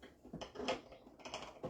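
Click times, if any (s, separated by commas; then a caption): none. A juicing chamber with the auger inside is fitted into the base of a Ninja masticating juicer, producing a series of short knocks and plastic scrapes, sharpest around 0.4 s and 0.7 s, with more rattling near 1.3 s and 1.6 s. The chamber is handled and turned toward locking, but nothing has seated or clicked yet.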